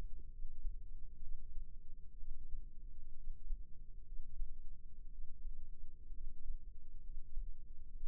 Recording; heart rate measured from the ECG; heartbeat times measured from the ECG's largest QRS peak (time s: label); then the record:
heart sounds by microphone in the left ear; 63 bpm
0.31 s: heartbeat
1.21 s: heartbeat
2.18 s: heartbeat
3.17 s: heartbeat
4.06 s: heartbeat
5.10 s: heartbeat
6.13 s: heartbeat
7.04 s: heartbeat
7.93 s: heartbeat
From the record:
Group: healthy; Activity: rest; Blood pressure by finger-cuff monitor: 125/75 mmHg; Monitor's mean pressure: 90 mmHg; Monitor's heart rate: 62 bpm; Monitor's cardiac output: 5.9 L/min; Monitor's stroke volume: 93 mL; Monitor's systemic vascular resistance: 1110 dyn s/cm5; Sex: male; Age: 22 years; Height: 181 cm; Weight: 79 kg